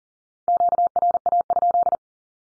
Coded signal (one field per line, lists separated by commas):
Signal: Morse code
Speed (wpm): 40 wpm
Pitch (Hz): 700 Hz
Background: none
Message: QRA?